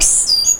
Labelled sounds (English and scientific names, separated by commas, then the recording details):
Stitchbird (Notiomystis cincta) song
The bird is a male
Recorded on Tiritiri Matangi Island, New Zealand, in 2005
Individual 12, of nest box 16